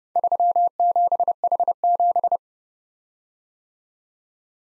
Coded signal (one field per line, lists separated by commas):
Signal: Morse code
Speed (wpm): 29 wpm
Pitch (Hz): 700 Hz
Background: none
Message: 37H7